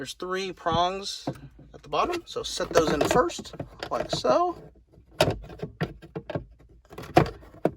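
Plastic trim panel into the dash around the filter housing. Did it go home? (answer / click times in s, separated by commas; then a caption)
yes / 7.2 s, 7.7 s. On a 5th Gen 4Runner, during a cabin air filter replacement, a plastic trim panel is fitted into the dash around the filter housing: its three bottom prongs are set in first, then the panel is pushed in until its clips click home. Someone talks throughout, with soft plastic handling sounds, and two sharp clicks are heard at 7.2 s and 7.7 s. The panel is seated.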